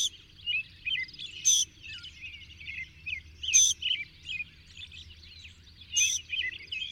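Bird: dense high twittering with a bright burst recurring about every two seconds over a low background hum.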